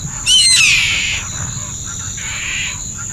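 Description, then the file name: Bird giving one loud, harsh call with stacked harmonics that slides downward and fades over about a second, followed by fainter notes over a steady high hum. "SABIOD bird"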